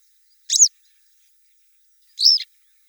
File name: Motacilla flava